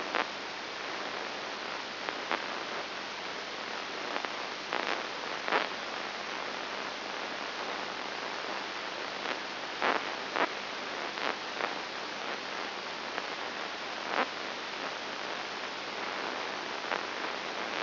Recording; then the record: brain microelectrode recording played as sound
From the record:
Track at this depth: inside the subthalamic nucleus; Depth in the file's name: 2.703 mm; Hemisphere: left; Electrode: 3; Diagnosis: Parkinson's disease